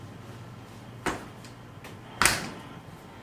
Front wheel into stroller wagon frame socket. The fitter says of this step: Alright, so that one's good. Okay, so these are my front wheels and they are locked in.